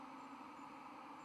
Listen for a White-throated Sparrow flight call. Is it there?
no